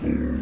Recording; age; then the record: pig call; growing-finishing pig (85 days or more)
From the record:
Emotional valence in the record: negative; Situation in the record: barren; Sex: female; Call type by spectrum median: low-frequency call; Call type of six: low-frequency stable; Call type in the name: low-frequency stable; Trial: 3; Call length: 0.42 s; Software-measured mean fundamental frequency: 60 Hz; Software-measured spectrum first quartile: 143 Hz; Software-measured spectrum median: 240 Hz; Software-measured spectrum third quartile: 340 Hz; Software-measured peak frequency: 255 Hz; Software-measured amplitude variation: 165 dB a second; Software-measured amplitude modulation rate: 22.6 a second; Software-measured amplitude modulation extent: 7.3 dB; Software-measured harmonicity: 1.8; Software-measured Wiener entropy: -0.74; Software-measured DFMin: 677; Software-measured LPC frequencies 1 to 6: 298, 1679, 2332, 4048, 4899, 5947 Hz